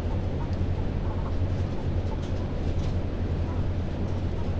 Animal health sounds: poultry house recording; healthy chickens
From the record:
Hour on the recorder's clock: 21

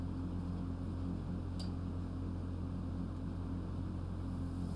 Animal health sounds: poultry house recording; no chicken sound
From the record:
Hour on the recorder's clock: 2

